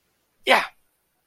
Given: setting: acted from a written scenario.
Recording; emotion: vocal sound without words; pride